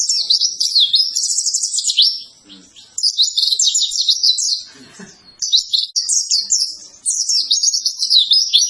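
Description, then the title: White-eye song: clear, rapid, high twittering phrases with zigzagging notes, repeated in bursts separated by short gaps. Vigorously singing ('gacor') white-eye, used as a master recording to train cage birds for song competition success. "Pleci Gacor. Masteran Burung PLECI Untuk Cetak PRESTASI"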